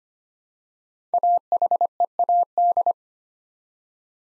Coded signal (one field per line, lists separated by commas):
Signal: Morse code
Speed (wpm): 25 wpm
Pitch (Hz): 700 Hz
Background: none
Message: AHEAD